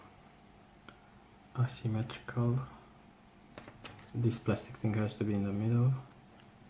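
While rewiring a European mains plug, a plastic cable clamp (strain relief) is being handled and positioned in the middle of the plastic plug body over the cable. Someone talks, with a few faint, brief ticks of handling at about 0.9, 3.6, 3.9 and 4.0 seconds. The clamp has not snapped into place or seated yet.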